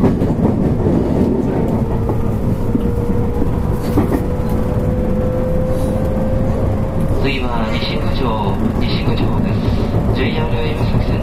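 Running sound from inside a 221 series electric train: a steady, dense low rumble with a faint motor whine rising slowly in pitch through the middle. Around seven seconds, bright squeaks and rattling clicks come in irregular bursts, with murmured speech faintly underneath.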